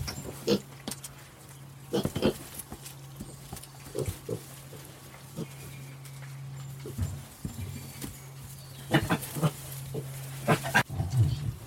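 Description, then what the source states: Gascon black pig: short grunts and knocks scattered irregularly over a steady low hum. Porc noir de Bigorre sows with piglets in an open-air maternity area; piglets released with mothers from about fifteen days old, running between sow huts; traditional farming in Gard woodland, France.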